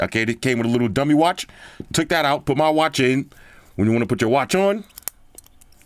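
Someone talks while handling a smartwatch fitted in a rugged titanium/carbon protective case with band, getting ready to put it on and close the clasp. A sharp tap sounds near 5.1 s, followed by a few faint ticks as the talking stops. The clasp has not snapped closed yet; nothing has seated.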